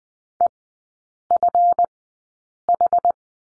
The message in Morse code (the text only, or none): EFH